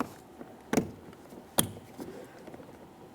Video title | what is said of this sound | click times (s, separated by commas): How to Replace Master Window Switch 2015-2019 Subaru Outback | After an audible click, just a light tug confirming it's secured in place. | 1.6 s